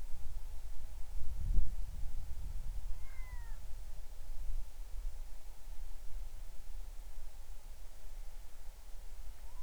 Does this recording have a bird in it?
yes